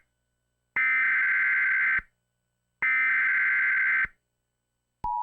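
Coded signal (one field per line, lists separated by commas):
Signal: Emergency Alert System (SAME) tones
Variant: header bursts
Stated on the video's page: Mock flash flood warning SAME tones for a thunderstorm scenario over Nebraska, Iowa and South Dakota, played back from an Xbox 360 disc.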